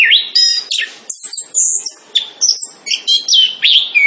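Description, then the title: Orange-headed thrush singing a dense rush of loud whistles, slurs and squeaky chatter. Singing persistently and energetically, described as 'gacor'; song praised as very good. "Anis Kembang Gacor. Kicau Anis Kembang Sangat Bagus"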